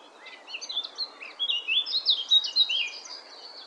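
Eurasian blackcap song: a rapid, varied warble of high whistled and chattering notes, building in loudness through the phrase.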